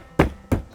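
Plastic trim retaining clips on OEM BMW Shadowline window trim for a G20 BMW 3 Series are pressed one by one into the door frame once the trim is lined up. Two sharp snaps are heard, the first at 0.2 s, and a second, softer one at 0.5 s. The trim clips snap back into place and are seated.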